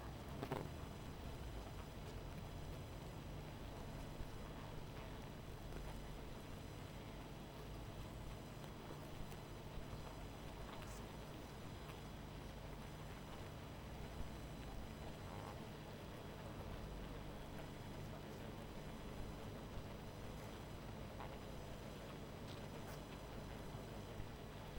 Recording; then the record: honeybee colony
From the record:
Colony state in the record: missing queen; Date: 14 July 2017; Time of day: 19:40